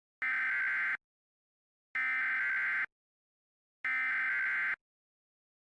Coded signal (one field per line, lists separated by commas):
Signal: Emergency Alert System (SAME) tones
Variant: header bursts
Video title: EAS Mock - The Roach Invasion (Part 4) (THUNDERSTORM INTERRUPTS MID VIDEO!!!)